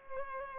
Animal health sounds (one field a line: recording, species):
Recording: mosquito wingbeat signal from an infrared sensor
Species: Culex pipiens